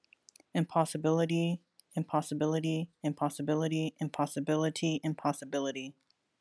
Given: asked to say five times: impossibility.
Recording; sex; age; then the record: repeated word; female; 20 to 29 years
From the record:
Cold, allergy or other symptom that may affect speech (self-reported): yes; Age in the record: 28 years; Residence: California, United States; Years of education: 13